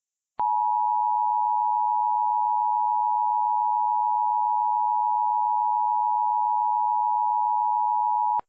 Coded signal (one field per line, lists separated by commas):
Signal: Emergency Alert System (SAME) tones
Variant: 853 and 960 Hz attention tone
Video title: EAS MOCK Fictional CAE